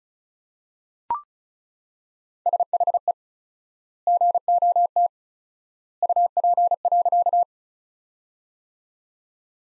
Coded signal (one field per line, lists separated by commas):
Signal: Morse code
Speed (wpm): 36 wpm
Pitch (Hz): 700 Hz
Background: none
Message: SHE GOT UP.